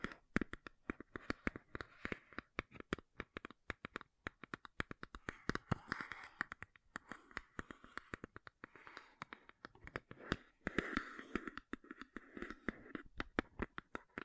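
Makeup tapping and scratching: rapid, dense clicks and taps run throughout the fourteen seconds, irregular but nearly constant. Between them come soft scratching and rubbing textures, swelling around six, eleven and thirteen seconds, with sharp bright transients and little low rumble.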